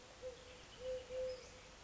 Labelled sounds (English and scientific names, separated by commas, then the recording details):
Eurasian Collared Dove (Streptopelia decaocto)
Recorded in Sonoma County, California